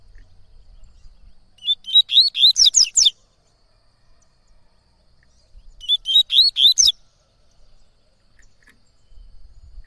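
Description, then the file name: Yellow-bellied seedeater song: two matching phrases about four seconds apart, each a rapid run of six or seven bright whistled notes ending in buzzy high slurs. "canto de coleiro baiano"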